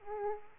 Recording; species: mosquito wingbeat signal from an infrared sensor; Aedes aegypti